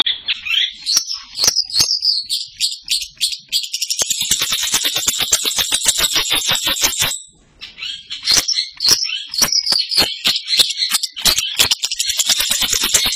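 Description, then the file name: Long-tailed shrike song: varied high warbling phrases, then a long, fast, buzzy rattling chatter, a short pause, and more mixed chatter and sharp notes. "cendet samohong"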